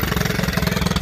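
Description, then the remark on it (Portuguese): A motorcycle engine runs loudly with a rapid, steady low throb, its rhythmic pulsing holding an even pitch throughout, with no voices. “Olha o que a moto não tá aguentando.”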